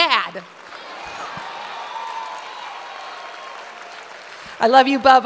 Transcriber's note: applause